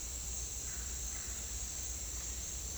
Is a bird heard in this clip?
no